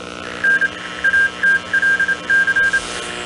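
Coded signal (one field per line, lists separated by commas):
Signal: Morse code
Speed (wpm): 28 wpm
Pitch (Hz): 1600 Hz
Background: none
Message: N ATLC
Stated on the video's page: Morse code heard in the game Agatha Christie: Murder on the Orient Express.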